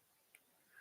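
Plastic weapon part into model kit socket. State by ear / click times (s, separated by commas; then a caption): not seated / none. A small plastic weapon part from a Gundam Artifact Phase 2 Dom Tropen snap-fit model kit is handled and pressed toward its socket. There is faint background hiss, a single brief tick at 0.3 s, and rising noise toward the end. The part has not seated or clicked into place yet.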